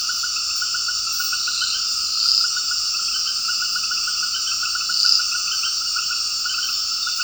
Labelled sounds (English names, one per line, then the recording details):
none
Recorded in dense forest near Puerto Asís, Putumayo, Colombia, on 18 February 2024 at 19:30
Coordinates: 0.481, -76.318
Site G6421